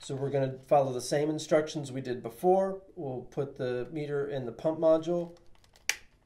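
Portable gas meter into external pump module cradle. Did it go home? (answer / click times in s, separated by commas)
yes / 5.9 s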